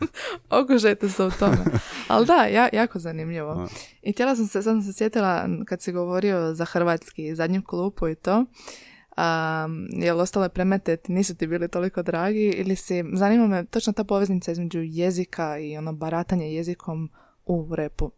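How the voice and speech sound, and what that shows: A woman asks a question in Croatian, speaking fluently at an even pace, with a brief laugh and one hesitation.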